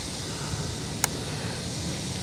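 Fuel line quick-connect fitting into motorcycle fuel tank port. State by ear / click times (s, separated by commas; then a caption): seated / 1.0 s. A fuel line quick-connect fitting is pressed into the fuel tank port on a Harley motorcycle, and it snaps in place with a single sharp click at 1.0 s over a steady broadband hiss. The connector seats.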